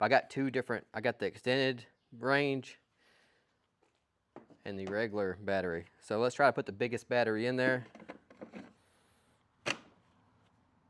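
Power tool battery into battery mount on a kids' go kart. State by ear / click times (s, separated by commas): seated / 9.7 s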